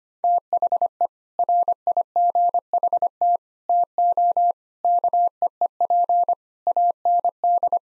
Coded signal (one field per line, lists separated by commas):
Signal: Morse code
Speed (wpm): 25 wpm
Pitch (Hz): 700 Hz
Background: none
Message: THE RIGHT TO KEEP AND